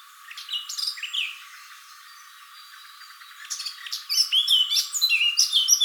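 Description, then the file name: Eurasian blackcap singing: a short warble, a brief gap, then a louder, denser run of fluty whistles and chattering notes. "Sylvia atricapilla"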